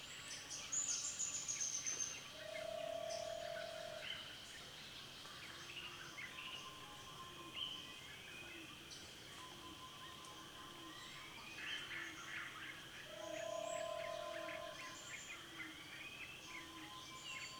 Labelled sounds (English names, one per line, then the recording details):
Yellow-spotted Barbet
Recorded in Kibale, Uganda